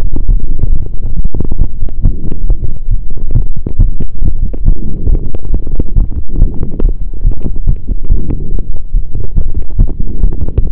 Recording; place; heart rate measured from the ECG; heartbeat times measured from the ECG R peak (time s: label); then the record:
heart sounds by stethoscope; between the tricuspid and mitral areas; 139 bpm
0.29 s: heartbeat
0.73 s: heartbeat
1.17 s: heartbeat
1.60 s: heartbeat
2.04 s: heartbeat
2.48 s: heartbeat
2.91 s: heartbeat
3.35 s: heartbeat
3.79 s: heartbeat
4.23 s: heartbeat
4.67 s: heartbeat
5.10 s: heartbeat
5.53 s: heartbeat
5.97 s: heartbeat
6.40 s: heartbeat
6.82 s: heartbeat
7.25 s: heartbeat
7.67 s: heartbeat
8.10 s: heartbeat
8.52 s: heartbeat
8.94 s: heartbeat
9.37 s: heartbeat
9.79 s: heartbeat
10.21 s: heartbeat
10.63 s: heartbeat
From the record:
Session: pedaling a stationary bicycle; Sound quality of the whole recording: saturated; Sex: male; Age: 23 years